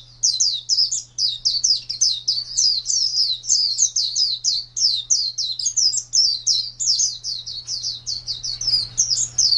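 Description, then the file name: White-eye pouring out a hurried chain of high, bright chirping notes for the whole stretch, with a steady low hum behind it. Song style called ngalas panjang. "pleci ngalas panjang"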